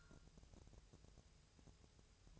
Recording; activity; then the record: daily activity, microphone in the room; take from stove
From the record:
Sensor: 2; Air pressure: 999.2 hPa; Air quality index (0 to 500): 198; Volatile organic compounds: 28 ppm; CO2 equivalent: 2922 ppm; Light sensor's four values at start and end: 6/15/6/6 and 6/15/6/6